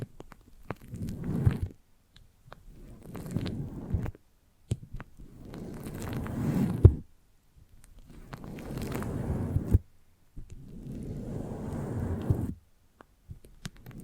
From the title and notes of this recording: ASMR The Foamiest and Stickiest Brain Massage (No Talking).